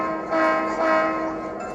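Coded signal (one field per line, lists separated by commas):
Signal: train horn signal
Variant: model diesel locomotive horn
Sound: two short diesel-style horn blasts in quick succession, chord-like tone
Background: background hum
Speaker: we're going to go ahead and start moving in the reverse Direction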